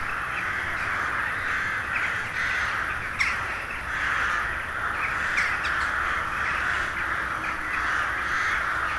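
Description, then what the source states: Massed crows, countless rasping caws blending into one continuous roar, one sharp call briefly louder than the rest. Hundreds of crows gathering at dusk in winter to settle for the night in a poplar wood at Neuflize.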